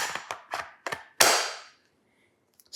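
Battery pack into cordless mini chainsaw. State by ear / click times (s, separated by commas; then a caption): seated / 1.2 s. A charged battery pack is pushed into the handle of a Saker mini electric chainsaw, with a few shorter handling knocks before it. A loud, sharp snap at 1.2 s marks the pack locking in, and it seats firmly.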